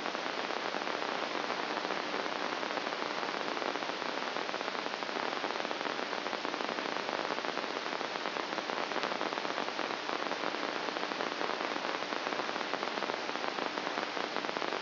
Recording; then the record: brain microelectrode recording played as sound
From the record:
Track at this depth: inside the subthalamic nucleus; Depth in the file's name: 8.137 mm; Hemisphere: left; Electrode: 2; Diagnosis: Parkinson's disease